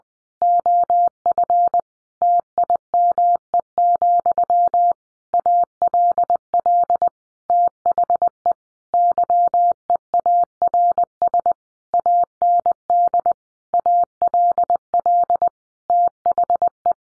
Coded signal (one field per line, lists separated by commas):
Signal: Morse code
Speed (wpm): 20 wpm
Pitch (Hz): 700 Hz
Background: none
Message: OF TIME, ALL THE YEARS AND ALL THE